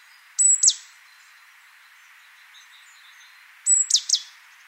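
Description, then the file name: Great tit calls, two bursts of a high whistled note dropping into sharp downslurred notes, separated by a long quiet pause. "Parus major"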